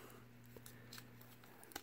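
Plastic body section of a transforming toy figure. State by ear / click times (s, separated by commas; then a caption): seated / 1.8 s. A plastic body section of a Transformers Hunt for the Decepticons Deluxe Terradive transforming figure is flipped forward and pressed until it locks. Soft plastic ticks and scrapes sound over a low steady hum, then a sharp click at 1.8 s marks the section seating into place.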